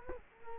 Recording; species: mosquito wingbeat signal from an infrared sensor; Culex quinquefasciatus